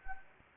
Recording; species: mosquito wingbeat signal from an infrared sensor; Anopheles gambiae